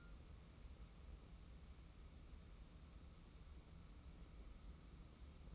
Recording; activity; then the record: daily activity, microphone in the room; wipe stove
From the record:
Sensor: 1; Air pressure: 994.4 hPa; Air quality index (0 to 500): 231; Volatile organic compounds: 1000 ppm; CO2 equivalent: 8321 ppm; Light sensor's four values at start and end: 130/298/132/143 and 139/318/141/155